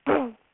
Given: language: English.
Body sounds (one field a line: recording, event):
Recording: throat vibration sensor signal played as sound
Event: throat clearing